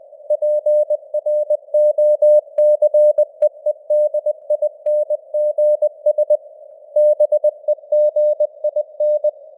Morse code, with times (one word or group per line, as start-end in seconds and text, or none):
0.3-6.4 PROCEEDINGS
7.0-9.3 BEGIN